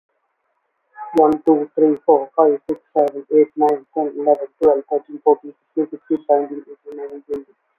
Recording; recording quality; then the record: counting at a fast pace; moderate, slight background noise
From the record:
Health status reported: COVID-19 positive, moderate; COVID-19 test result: positive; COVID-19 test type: RT-PCR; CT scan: not taken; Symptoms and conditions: cough, cold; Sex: male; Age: 24 years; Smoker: no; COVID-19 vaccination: both doses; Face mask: not worn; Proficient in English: yes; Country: India